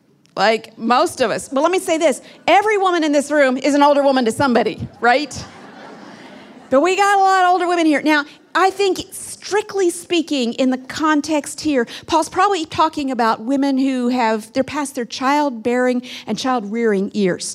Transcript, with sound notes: Like—most of us! Let me say this: every woman in this room is an older woman to somebody, right?! (laughter) So, we’ve got a lot of older women here. Now, I think—strictly speaking, in the context—Paul’s probably talking about women who are past their child-bearing and child-rearing years.